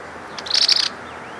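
Bird giving a single half-second flurry of fast, high, chattering notes amid soft background hiss.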